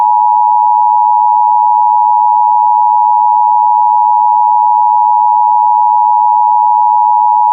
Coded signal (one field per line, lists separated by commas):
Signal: Emergency Alert System (SAME) tones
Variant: 853 and 960 Hz attention tone